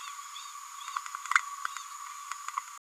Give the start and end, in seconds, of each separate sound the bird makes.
1.35-1.39